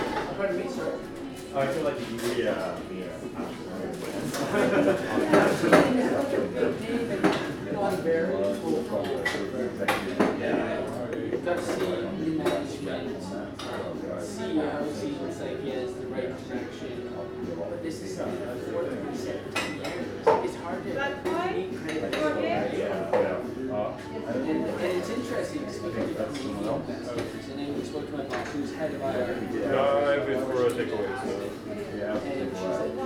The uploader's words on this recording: Captured in a recently opened trendy coffee shop in a large city. The shop is full of young people, with standing room only.